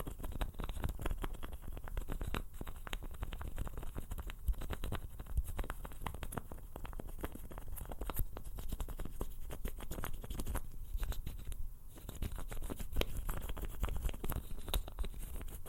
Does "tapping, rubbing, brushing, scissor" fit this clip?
yes